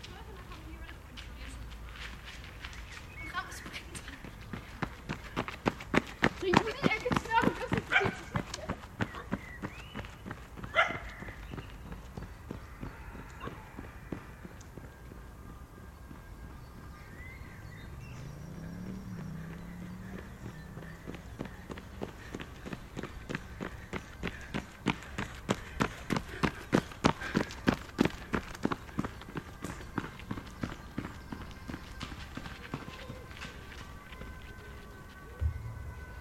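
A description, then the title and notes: Outdoors in a park, quick rhythmic footsteps or hoof-like clopping pass by, loudest around 5–10 seconds and again near 25–30 seconds. Between them, faint voices, a low murmur and steady background sound fill the quieter stretch. INFiNi - D - Binaural Soundscapes - Nature - Park.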